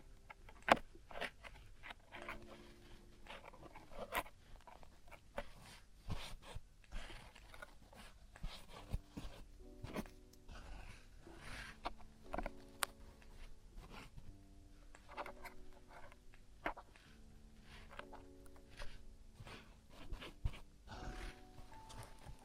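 Traditional Chinese ear cleaning goes on with frequent sharp scraping clicks and brief rustles, plus short humming tones recurring throughout.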